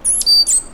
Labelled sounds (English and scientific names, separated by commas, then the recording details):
Stitchbird (Notiomystis cincta) song
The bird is a male
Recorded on Tiritiri Matangi Island, New Zealand, in 2005
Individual 1, of nest box 1